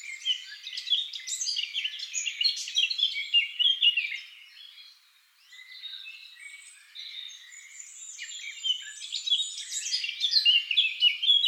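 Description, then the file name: Eurasian blackcap song, a dense run of rapid warbled notes, fading after four seconds and then building again into continuous chattering warble. "Sylvia atricapilla"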